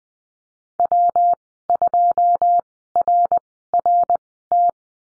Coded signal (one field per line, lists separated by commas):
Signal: Morse code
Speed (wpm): 20 wpm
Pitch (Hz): 700 Hz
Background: none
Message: W 2 R R T